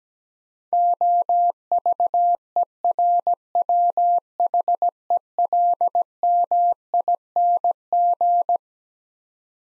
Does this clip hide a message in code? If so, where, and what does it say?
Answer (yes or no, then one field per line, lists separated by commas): yes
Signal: Morse code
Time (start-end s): 0.7-8.6 s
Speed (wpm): 17 wpm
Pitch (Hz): 700 Hz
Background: none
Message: OVERWHELMING